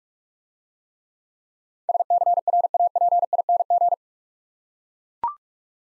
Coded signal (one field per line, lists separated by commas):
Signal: Morse code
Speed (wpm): 43 wpm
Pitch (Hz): 700 Hz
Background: none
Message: SCRAPING